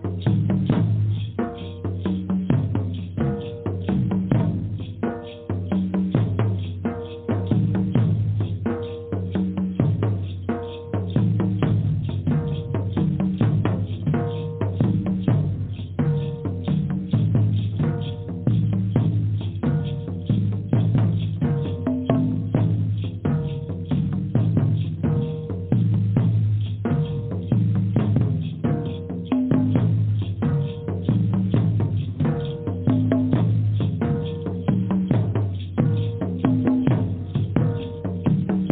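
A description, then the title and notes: Drumming plays without a break, a fast, steady stream of hits packed closely together. The sound is heavy and deep with a dull, muffled top, and the loudness stays even from start to finish, with no pauses or other sounds. DRUMMING SOUNDS,VIBRATION FREQUENCIES.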